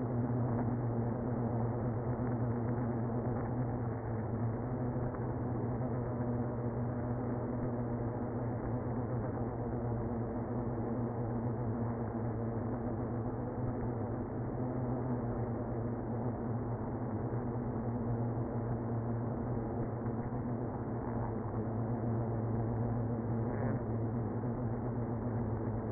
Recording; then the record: honeybee colony, microphone inside the hive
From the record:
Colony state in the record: queenless (queen removed); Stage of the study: after two queens were removed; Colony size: about 60,000 bees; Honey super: yes